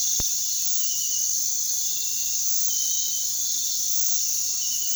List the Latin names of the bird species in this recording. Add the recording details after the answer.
none. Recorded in pastures near Puerto Asís, Putumayo, Colombia, on 20 February 2024 at 05:00. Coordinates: 0.468, -76.328. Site G6414